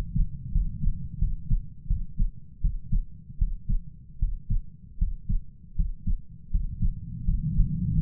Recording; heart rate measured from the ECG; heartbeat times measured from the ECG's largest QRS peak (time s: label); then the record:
heart sounds by stethoscope; 81 bpm
0.52 s: heartbeat
1.19 s: heartbeat
1.88 s: heartbeat
2.61 s: heartbeat
3.38 s: heartbeat
4.19 s: heartbeat
4.98 s: heartbeat
5.76 s: heartbeat
6.51 s: heartbeat
7.24 s: heartbeat
7.94 s: heartbeat
From the record:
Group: healthy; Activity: rest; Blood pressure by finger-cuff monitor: 114/71 mmHg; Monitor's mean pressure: 86 mmHg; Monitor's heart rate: 81 bpm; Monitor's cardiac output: 7.1 L/min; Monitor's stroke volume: 88 mL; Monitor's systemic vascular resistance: 910 dyn s/cm5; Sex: male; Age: 33 years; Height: 179 cm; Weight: 80.4 kg